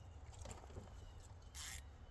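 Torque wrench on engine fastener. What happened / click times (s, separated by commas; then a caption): Torque wrench clicks at setting / 0.5 s. A click-type torque wrench tightens a fastener to spec on the engine of a 2012 Ram 3500 6.7 during an EGR reinstall. Over a steady low rumble, a single sharp click at 0.5 s marks the wrench reaching its torque setting, and a brief broadband hiss follows around 1.6 to 1.8 s.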